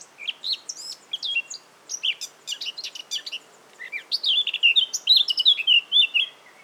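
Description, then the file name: Eurasian Blackcap song, a quick jumble of sharp twittering notes that builds into a brighter, fluty warble in the second half. "Sylvia atricapilla"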